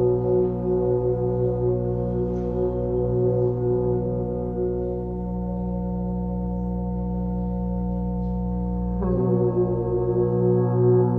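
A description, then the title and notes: Earth horns sound with an electronic drone, a thick, steady low tone layered with sustained, ringing overtones like a singing bowl. At about nine seconds the sound shifts: the lowest rumble thins out and a brighter band of tones enters, holding steady to the end. Earth Horns with Electronic Drone.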